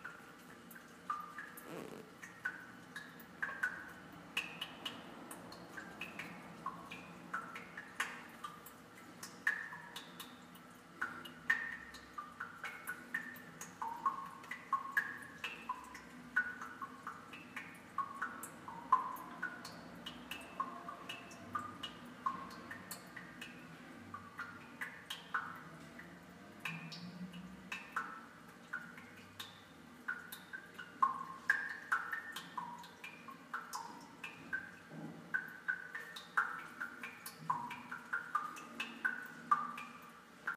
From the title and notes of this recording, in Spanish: Registro de una gotera en el baño de un departamento ubicado en la calle Nicolas Bravo, en el Centro de Saltillo. Captura de sonido: Ramiro Rivera. Gotas.